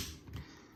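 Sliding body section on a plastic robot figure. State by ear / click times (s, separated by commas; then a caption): seated / 0.4 s. A body section of a plastic transforming robot figure is slid down with a brief sliding rustle until it locks into place with a sharp click at 0.4 s, exposing the head. A second faint tap follows at the very end of the clip.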